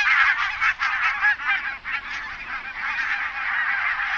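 Bird honks: many overlapping harsh honking calls from a flock, with a few brief louder bursts early on, then a steady chorus.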